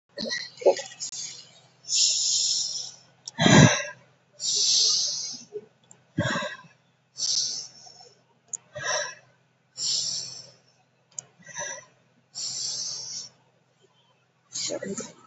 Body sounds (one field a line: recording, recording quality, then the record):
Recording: deep breathing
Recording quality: excellent, no background noise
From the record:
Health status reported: COVID-19 positive, mild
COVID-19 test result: positive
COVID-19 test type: RT-PCR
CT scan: not taken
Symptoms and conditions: cough, cold, sore throat, fever, fatigue, muscle pain, another condition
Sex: female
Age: 32 years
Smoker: no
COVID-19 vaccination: both doses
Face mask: not worn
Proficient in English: yes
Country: India